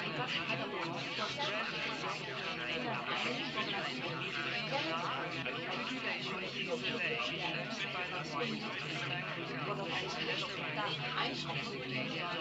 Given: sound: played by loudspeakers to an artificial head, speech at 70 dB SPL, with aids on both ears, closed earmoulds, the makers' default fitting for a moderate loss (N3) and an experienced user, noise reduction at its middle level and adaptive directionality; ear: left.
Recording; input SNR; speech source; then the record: speech test signal (ISTS) in cocktail-party noise; -6 dB; on the right (90 degrees)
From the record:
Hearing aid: class 1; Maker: F